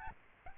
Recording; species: mosquito wingbeat signal from an infrared sensor; Aedes albopictus